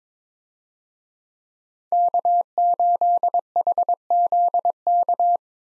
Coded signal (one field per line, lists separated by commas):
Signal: Morse code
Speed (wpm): 22 wpm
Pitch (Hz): 700 Hz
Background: none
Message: K8HZK